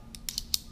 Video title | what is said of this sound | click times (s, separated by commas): Dexcom G5 VS Medtronic Enlite full week Documentary | then you're gonna pull this up, two clicks. | 0.3 s, 0.5 s